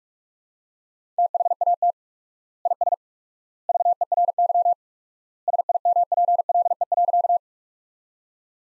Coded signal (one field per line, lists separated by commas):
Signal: Morse code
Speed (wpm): 41 wpm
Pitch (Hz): 700 Hz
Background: none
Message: THAT IS VERY SIMPLE.